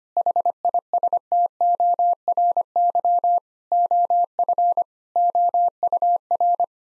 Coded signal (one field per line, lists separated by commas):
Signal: Morse code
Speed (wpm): 25 wpm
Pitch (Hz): 700 Hz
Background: none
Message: HISTORY OF OUR